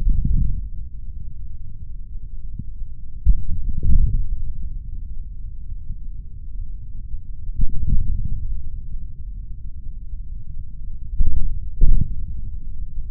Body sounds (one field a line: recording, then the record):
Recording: forearm muscle sounds (acoustic myography)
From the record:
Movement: hand closing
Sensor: system 3, bracelet of six PUI Audio POM-2738L microphones around the upper forearm, with dedicated amplification and filtering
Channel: 5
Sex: male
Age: 26 years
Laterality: right